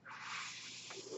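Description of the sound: A steady, breathy hiss of rushing air fills about a second, bright and high-pitched with little low rumble, easing slightly toward the end. It is the airflow noise of a home mechanical ventilator delivering a breath.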